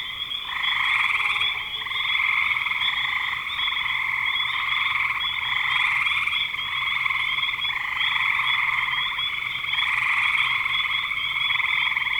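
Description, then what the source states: Frog chorus, many animals trilling together in a steady buzzing wall of sound that rises in louder waves. Spring 2025.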